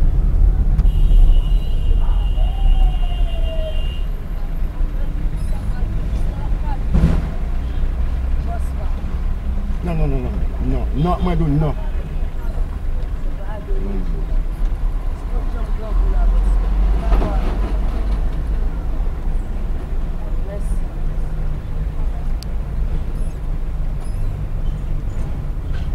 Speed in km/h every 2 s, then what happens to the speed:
6, 0, 0, 0, 0, 0, 0, 0, 0, 0, 0, 0, 0.
0-2 slows to 0. 2-26 standing.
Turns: none.